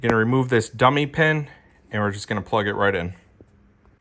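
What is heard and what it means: Someone talks while handling a HomeLink garage door opener module's wiring connector, having removed a dummy pin, to plug it into the wiring harness of a 2024-or-newer Harley-Davidson Road Glide / CVO ST motorcycle. After the talking, two faint short ticks come at about 3.4 and 3.9 seconds. Nothing has seated or clicked yet.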